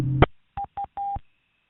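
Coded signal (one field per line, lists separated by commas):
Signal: none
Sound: repeater courtesy tone beeps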